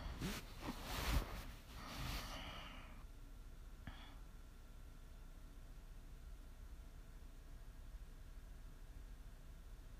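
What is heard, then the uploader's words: Snoring opens with a rough, breathy snort and exhale over the first two to three seconds, followed by a short airy rasp near four seconds. After that the breathing fades, leaving a quiet, steady low hiss and hum for the rest. Please enjoy some prime ASMR snoring.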